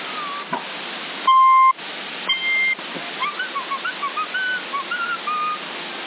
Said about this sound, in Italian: Avanti il fischietto. Avanti il fischio.